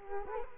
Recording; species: mosquito wingbeat signal from an infrared sensor; Culex quinquefasciatus